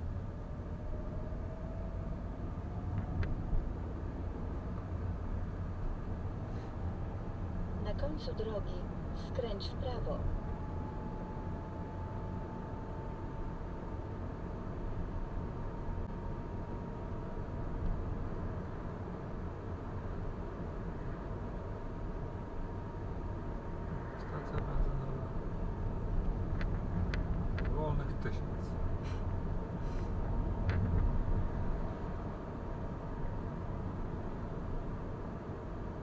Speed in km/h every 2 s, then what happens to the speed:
22, 27, 30, 31, 32, 34, 35, 37, 38, 38, 38, 38, 37, 37, 36, 38, 38, 38.
0-16 speeds up to 38. 16-36 steady at about 38.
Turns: none.